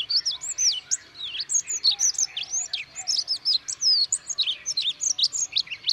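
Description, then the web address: Olive-backed pipit: dense run of high, thin, slurred chirps, some looping up and down, repeated almost without pause. Recorded at Yushan, Taiwan. "樹鷚 Yushan"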